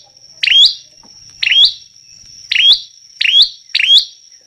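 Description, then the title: Prinia song: five sharp chirps at irregular intervals over a steady high thin tone. Persistent, loud singing (gacor) meant as a tutoring track (masteran) for teaching songbirds. "Prenjak Lancur Gacor Untuk Masteran"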